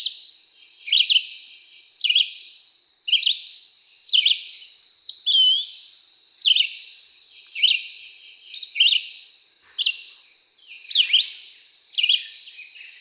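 Red-eyed Vireo singing repeated short slurred whistles, nearly one per second, some rising and some dropping, with a thin steady hiss in the background.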